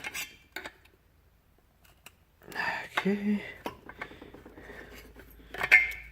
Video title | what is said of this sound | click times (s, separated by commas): Suzuki GS500f Corolla LED Retrofit pt.2 | loose nope still | none